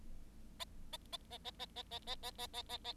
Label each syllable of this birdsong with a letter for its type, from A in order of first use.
A A A A A A A A A A A A A A